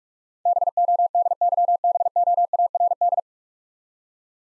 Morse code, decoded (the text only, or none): BODYBOARD